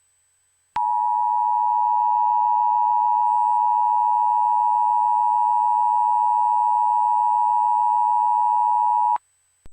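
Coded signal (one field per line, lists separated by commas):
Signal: Emergency Alert System (SAME) tones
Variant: 853 and 960 Hz attention tone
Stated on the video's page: Fictional EAS scenario, simulated.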